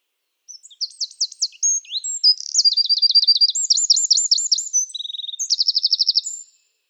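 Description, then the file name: Eurasian wren song: a loud, high, rapid outpouring of varied trills and sharp notes lasting about six seconds, with fast rattling sections in the middle and end. "Troglodyte"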